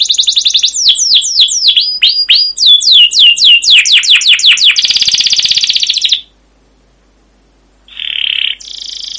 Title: CUIT CUIT NGEROL LANGSUNG GACOR PANJANG Kenari Ini AMPUH Utk Pancingan KENAR. Masteran Suara Burung Kenari Gacor Panjang cuit cuit Ngerol untuk Pancingan Kenari!